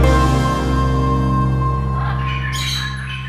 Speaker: parrots might not sound much like me, but some of the same genes are activated when I talk as when they squawk.